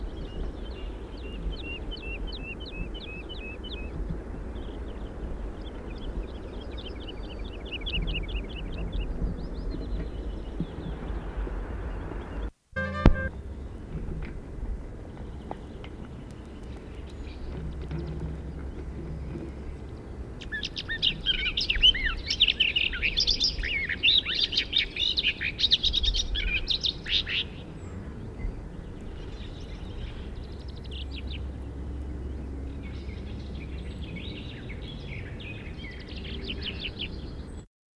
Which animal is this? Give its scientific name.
Lullula arborea